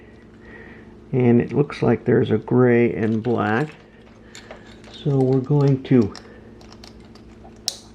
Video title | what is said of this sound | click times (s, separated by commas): 2014 GSXR 750 Wiring Harness Install - Part 4 | click that on and again you can hear them snap | 7.7 s